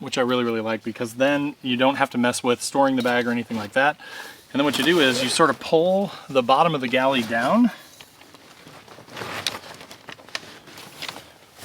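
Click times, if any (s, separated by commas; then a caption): 9.5 s, 10.3 s. A man talks for about eight seconds while pulling the bottom of a Sylvan Dine-O-Max folding camp galley down. He then pushes its folding legs, which snap into place with sharp clicks at 9.5 s and 10.4 s. The galley legs are seated.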